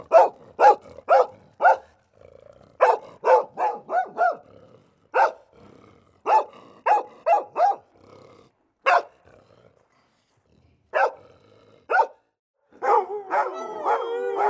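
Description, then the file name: Dog barking repeatedly in fast runs with short pauses, and a drawn-out whining sound near the end. "Dogs Barking"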